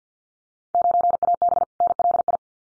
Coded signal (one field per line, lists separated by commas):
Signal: Morse code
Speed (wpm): 48 wpm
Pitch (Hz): 700 Hz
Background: none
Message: 9AB NLI